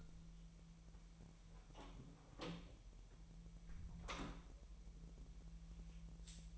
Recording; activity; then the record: daily activity, microphone in the room; close door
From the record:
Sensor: 1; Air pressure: 1001.4 hPa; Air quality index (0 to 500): 249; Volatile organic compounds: 132 ppm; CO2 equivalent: 3938 ppm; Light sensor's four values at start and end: 10/24/10/10 and 10/23/9/10